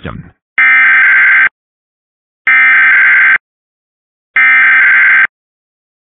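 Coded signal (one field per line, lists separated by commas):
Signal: Emergency Alert System (SAME) tones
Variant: header bursts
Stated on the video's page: Test alert tones taken from a stream of NOAA Weather Radio station WXM56.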